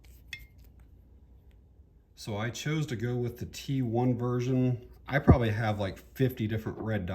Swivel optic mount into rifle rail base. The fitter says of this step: see that snaps down in there